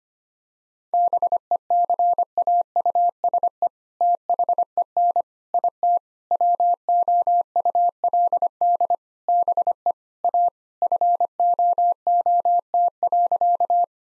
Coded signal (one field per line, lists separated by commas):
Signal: Morse code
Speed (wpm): 25 wpm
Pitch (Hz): 700 Hz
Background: none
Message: BECAUSE THEN IT WOULD BE A FOOT.